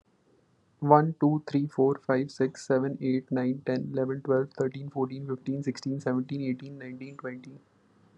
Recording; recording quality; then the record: counting at a fast pace; excellent, no background noise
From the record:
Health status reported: recovered from COVID-19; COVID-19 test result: positive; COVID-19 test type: RT-PCR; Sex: male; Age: 29 years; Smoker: yes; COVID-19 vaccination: both doses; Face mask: not worn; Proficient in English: yes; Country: India